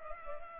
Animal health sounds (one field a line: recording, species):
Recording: mosquito wingbeat signal from an infrared sensor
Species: Culex pipiens